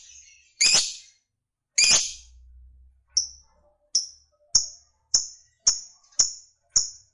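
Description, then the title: Lovebird calls: two harsh, broad screeches followed by a series of short, sharp high chips repeated roughly every half second. Fighter-type lovebird singing energetically (gacor). "Berkat SUARA Lovebird FIGHTER GACOR Ini"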